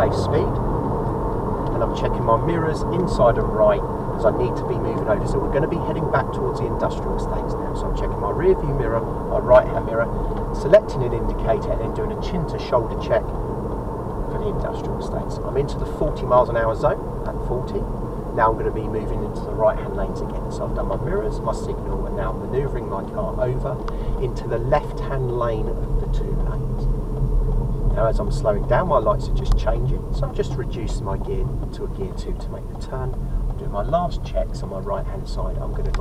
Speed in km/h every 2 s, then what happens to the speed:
76, 79, 79, 76, 72, 68, 64, 61, 60, 58, 55, 52, 47, 44, 39, 35, 29, 24.
4-36 slows to 24.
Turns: none.